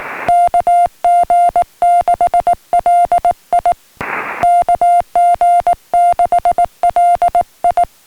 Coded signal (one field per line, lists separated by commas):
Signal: Morse code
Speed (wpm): 19 wpm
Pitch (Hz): 700 Hz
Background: music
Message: KG6LI KG6LI